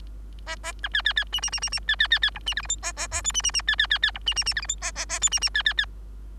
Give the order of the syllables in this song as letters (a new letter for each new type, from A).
A A B C C C D D D D D C C C C E D F G H A A A I D D D C C C C E D D D F G H A A A I D D C C C